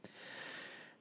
The snoring sound in the background, that's the dog. She's snoring away in the background. She's so close to this to the microphone.